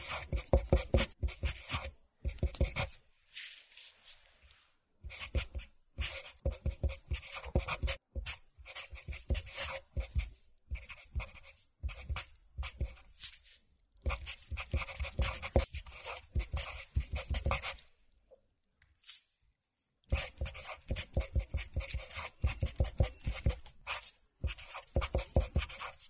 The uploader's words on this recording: 鉛筆寫字｜Pencil Writing.